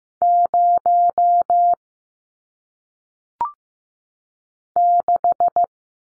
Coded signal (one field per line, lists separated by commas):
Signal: Morse code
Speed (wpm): 15 wpm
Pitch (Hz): 700 Hz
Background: none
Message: 0 6